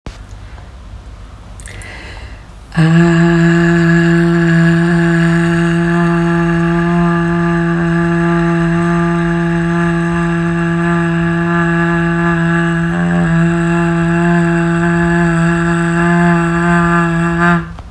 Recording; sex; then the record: sustained vowel /a/; female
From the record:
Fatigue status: no fatigue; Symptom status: symptomatic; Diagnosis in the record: COVID-19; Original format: m4a